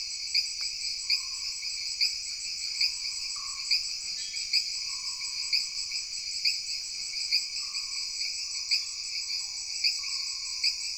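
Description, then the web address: Insects in a dense continuous chorus, high shrill trilling bands with regular pulsed accents, plus faint lower hums. Jungle background ambience. "Sony Pictures Sound Effects Series Backgrounds Jungle Insects With Frogs"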